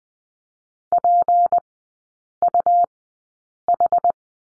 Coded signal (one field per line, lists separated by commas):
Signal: Morse code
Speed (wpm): 20 wpm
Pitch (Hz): 700 Hz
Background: none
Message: PUH